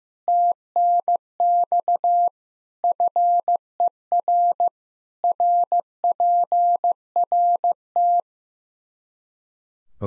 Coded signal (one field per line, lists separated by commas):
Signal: Morse code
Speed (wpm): 15 wpm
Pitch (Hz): 700 Hz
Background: none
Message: TNX FER RPRT